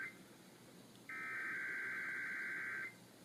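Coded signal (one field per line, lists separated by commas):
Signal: Emergency Alert System (SAME) tones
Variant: header bursts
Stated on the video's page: Real Required Monthly Tests on San Francisco, Sacramento and Fresno AM and FM radio stations.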